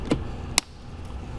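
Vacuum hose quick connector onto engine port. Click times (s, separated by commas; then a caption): 0.6 s. A plastic quick-connect fitting on the vacuum hose is pushed onto its port on the engine of a 2016-2022 BMW X1 2.0L B46/B48 (F48). After a softer low knock near 0.1 s, it snaps home with one sharp, bright click at 0.6 s over low background rumble. The connector is seated.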